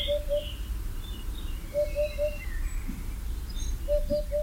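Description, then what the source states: Eurasian Hoopoe song: low, soft hooted triplets of three even notes, repeated about every two seconds, with faint thin calls of other birds above. Heard several times in foliage, sometimes quite close, giving its characteristic houp-houp-houp; an early-returning migrant, not seen.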